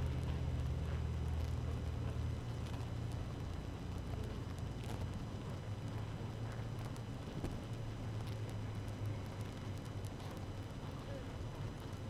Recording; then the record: honeybee colony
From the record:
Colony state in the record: active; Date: 12 June 2018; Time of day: 6:44